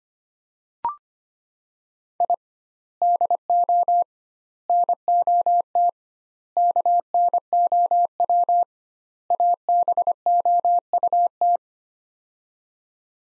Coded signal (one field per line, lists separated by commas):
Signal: Morse code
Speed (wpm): 25 wpm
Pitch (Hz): 700 Hz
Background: none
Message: I DO NOT KNOW ABOUT